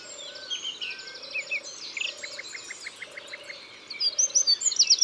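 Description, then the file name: Eurasian wren song of high rapid trills and chattering notes, over a low, even note repeated about once a second. Recorded in the Drôme, France. "Troglodyte mignon Concerts Naturels de la Drome Studio les Trois Becs"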